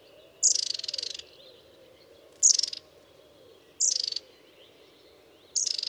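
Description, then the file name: Long-tailed tit repeating a high, sharp-edged rattling trill four times, roughly every one and a half to two seconds, over a faint low hum. "Orite longicaude"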